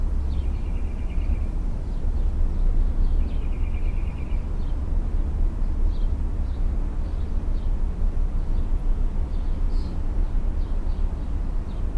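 Mockingbird song: a buzzy trilled phrase given twice a few seconds apart, with scattered short high notes between, all over a heavy low rumble of background noise.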